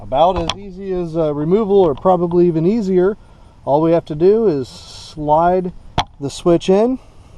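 A replacement plastic turn signal switch for a Chevrolet Malibu is being handled for sliding into its mount in the steering column housing. Someone talks throughout, with a few brief sharp transients between phrases. The switch has not yet clicked or seated in the steering column.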